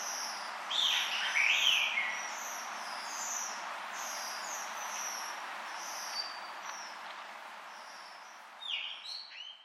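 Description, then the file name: Blue rock thrush giving short bursts of warbled notes near the start and again at the end, over constant high thin chirping in the background. Recorded at Kunitachi on 6 June 2023. "isohiyodorij kunitachi mju"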